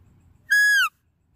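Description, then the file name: Deer call: a single clear, harmonic whistle lasting under half a second, level at first and then sliding downward. "Tieng con nai keu"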